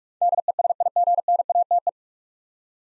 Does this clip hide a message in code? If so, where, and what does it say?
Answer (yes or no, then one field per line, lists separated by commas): yes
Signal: Morse code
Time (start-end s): 0.2-1.9 s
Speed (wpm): 41 wpm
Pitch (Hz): 700 Hz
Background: none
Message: DESIGNATE